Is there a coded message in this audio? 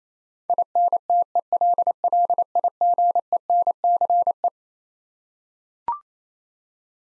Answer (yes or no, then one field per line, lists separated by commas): yes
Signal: Morse code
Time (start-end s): 0.5-4.5 s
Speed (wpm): 28 wpm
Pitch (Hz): 700 Hz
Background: none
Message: INTELLIGENCE